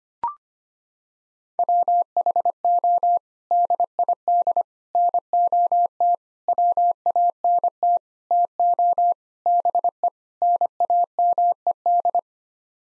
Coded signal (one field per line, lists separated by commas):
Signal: Morse code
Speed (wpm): 25 wpm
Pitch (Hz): 700 Hz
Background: none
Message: WHO DID NOT WANT TO BE NAMED